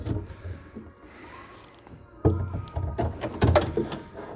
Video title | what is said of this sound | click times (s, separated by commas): Tour the Euclid Forge Bedroom Suite at Walnut Creek Furniture | You hear 2 clicks, you're in. | 3.4 s, 3.6 s